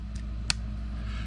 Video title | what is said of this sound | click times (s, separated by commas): How to replace a 2017 Nissan Sentra 4 Button Flip Key Battery | when you do you'll hear it pop | 0.5 s